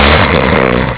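A low, coarse, rattling vibration runs steadily for about a second, like a single snore drawn on the in-breath. It is an adult snoring, the throat's soft tissue fluttering as air passes during sleep.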